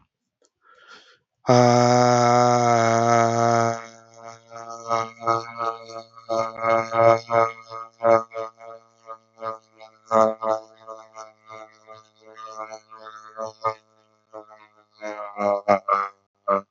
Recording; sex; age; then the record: vowel held as long as possible; male; 30 to 39 years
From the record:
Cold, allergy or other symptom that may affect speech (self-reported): yes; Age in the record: 30 years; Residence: Virginia, United States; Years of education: 15